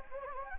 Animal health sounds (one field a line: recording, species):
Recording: mosquito wingbeat signal from an infrared sensor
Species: Anopheles gambiae